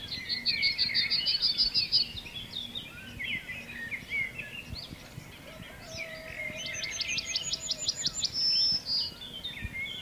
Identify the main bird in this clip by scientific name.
Emberiza citrinella